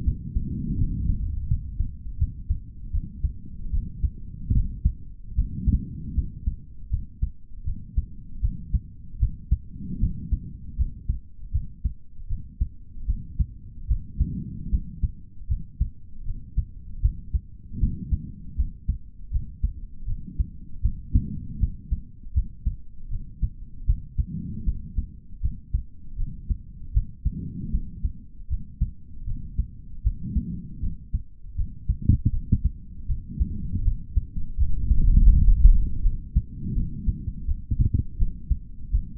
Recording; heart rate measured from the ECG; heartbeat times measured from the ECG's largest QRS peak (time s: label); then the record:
heart sounds by stethoscope; 79 bpm
0.04 s: heartbeat
0.77 s: heartbeat
1.47 s: heartbeat
2.17 s: heartbeat
2.91 s: heartbeat
3.71 s: heartbeat
4.53 s: heartbeat
5.35 s: heartbeat
6.15 s: heartbeat
6.90 s: heartbeat
7.64 s: heartbeat
8.41 s: heartbeat
9.19 s: heartbeat
9.99 s: heartbeat
10.76 s: heartbeat
11.52 s: heartbeat
12.27 s: heartbeat
13.06 s: heartbeat
13.87 s: heartbeat
14.70 s: heartbeat
15.48 s: heartbeat
16.24 s: heartbeat
17.01 s: heartbeat
17.79 s: heartbeat
18.56 s: heartbeat
19.30 s: heartbeat
20.06 s: heartbeat
20.81 s: heartbeat
21.59 s: heartbeat
22.33 s: heartbeat
23.09 s: heartbeat
23.85 s: heartbeat
24.64 s: heartbeat
25.41 s: heartbeat
26.16 s: heartbeat
26.92 s: heartbeat
27.71 s: heartbeat
28.48 s: heartbeat
29.25 s: heartbeat
30.02 s: heartbeat
30.80 s: heartbeat
31.55 s: heartbeat
32.31 s: heartbeat
33.07 s: heartbeat
33.83 s: heartbeat
34.57 s: heartbeat
35.31 s: heartbeat
36.02 s: heartbeat
36.74 s: heartbeat
37.45 s: heartbeat
38.17 s: heartbeat
38.91 s: heartbeat
From the record:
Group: healthy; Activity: rest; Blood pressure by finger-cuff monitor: 132/73 mmHg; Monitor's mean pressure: 92 mmHg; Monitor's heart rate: 79 bpm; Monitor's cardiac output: 4.6 L/min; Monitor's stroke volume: 58 mL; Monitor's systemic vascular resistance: 1480 dyn s/cm5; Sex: male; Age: 55 years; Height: 167 cm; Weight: 57.2 kg